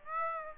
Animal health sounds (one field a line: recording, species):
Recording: mosquito wingbeat signal from an infrared sensor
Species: Aedes aegypti